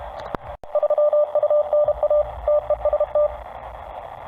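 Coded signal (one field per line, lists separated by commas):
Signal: Morse code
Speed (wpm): 32 wpm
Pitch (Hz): 600 Hz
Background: radio noise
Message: 3 UNA TEST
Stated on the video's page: CW test of a uSDR transceiver after repair.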